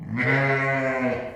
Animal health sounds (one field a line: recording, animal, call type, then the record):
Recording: contact call of a hoofed animal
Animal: sheep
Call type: low-frequency (closed-mouth) or high-frequency (open-mouth) call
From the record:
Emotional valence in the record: negative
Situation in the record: short social isolation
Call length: 1.36 s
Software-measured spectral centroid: 1530 Hz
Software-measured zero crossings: 1880 a second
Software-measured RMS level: -24 dBFS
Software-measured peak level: -10 dBFS